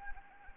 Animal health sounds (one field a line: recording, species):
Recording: mosquito wingbeat signal from an infrared sensor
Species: Anopheles gambiae